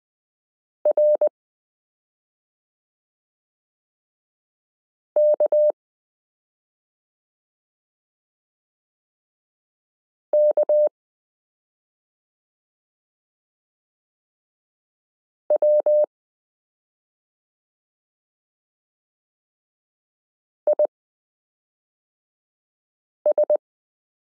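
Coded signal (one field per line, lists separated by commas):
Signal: Morse code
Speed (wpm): 20 wpm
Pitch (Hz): 600 Hz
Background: none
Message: RKKWIS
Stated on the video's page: Morse listening drill, lesson 13 of a Koch-method variation course, introducing letter n alongside k r s u a p t l o w i and period.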